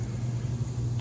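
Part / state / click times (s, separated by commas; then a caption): component of the doorbell chime mechanism, in the chime housing / not seated / none. A component of a doorbell chime mechanism in the chime housing is handled as it is pushed toward its place, because the part not being fully seated makes the chime sound wrong. Only a steady low hum is heard, with no distinct clicks or hits. Nothing has seated or clicked yet.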